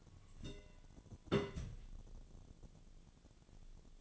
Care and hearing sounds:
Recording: daily activity, microphone in the room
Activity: place on stove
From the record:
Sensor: 4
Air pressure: 1010.8 hPa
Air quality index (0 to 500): 169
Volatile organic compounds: 5 ppm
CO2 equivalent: 1717 ppm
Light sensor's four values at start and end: 39/112/45/46 and 38/111/44/45

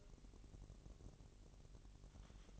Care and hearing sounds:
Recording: daily activity, microphone in the room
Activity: take from stove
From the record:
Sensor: 4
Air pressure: 1002.9 hPa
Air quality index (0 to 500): 236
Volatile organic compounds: 10 ppm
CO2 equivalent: 2214 ppm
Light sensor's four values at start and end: 7/15/6/6 and 7/15/6/6

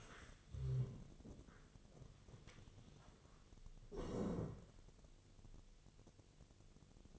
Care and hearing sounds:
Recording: daily activity, microphone in the room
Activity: stand up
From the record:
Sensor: 4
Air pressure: 1001.2 hPa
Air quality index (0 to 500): 181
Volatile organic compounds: 2 ppm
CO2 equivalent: 1296 ppm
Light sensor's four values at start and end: 13/30/12/12 and 13/30/12/12

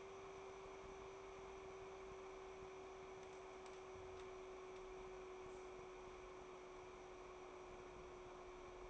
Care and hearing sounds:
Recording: daily activity, microphone in the room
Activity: make coffee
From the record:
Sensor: 1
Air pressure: 1014.7 hPa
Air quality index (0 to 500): 191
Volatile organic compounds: 27 ppm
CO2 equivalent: 2885 ppm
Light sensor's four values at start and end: 4/9/3/3 and 4/9/3/3

